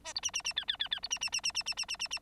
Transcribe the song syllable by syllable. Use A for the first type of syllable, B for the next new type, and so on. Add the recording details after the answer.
A B C C C D D D D B C C C C C C C C C C. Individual Bird9